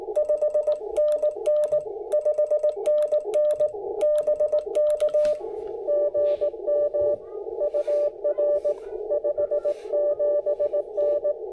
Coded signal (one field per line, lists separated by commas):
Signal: Morse code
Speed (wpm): 18 wpm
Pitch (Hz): 600 Hz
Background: radio noise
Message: 5NN 5NN BK GM UR 57N